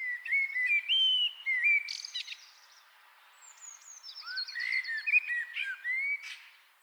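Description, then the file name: Common blackbird giving two fluty warbled phrases with rising whistled notes and high squeaky endings. "Turdus merula"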